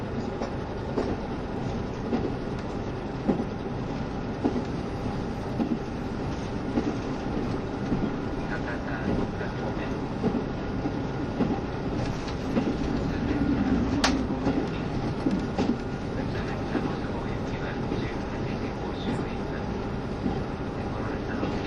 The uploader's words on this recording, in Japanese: キハ72系 ゆふいんの森06号02 うきは～博多。キハ71系ゆふいんの森Ⅰ世の好評を受けて新製された車両となる、キハ72系ゆふいんの森06号を収録したものです。走行音。